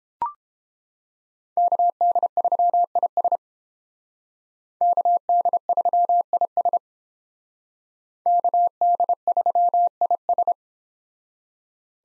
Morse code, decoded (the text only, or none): KD3IS KD3IS KD3IS